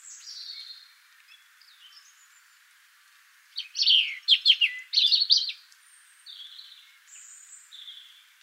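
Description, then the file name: European robin song: thin high whistles at the start, then a burst of rapid, tumbling twittered notes, followed by a few drawn-out high thin notes. "Erithacus rubecula"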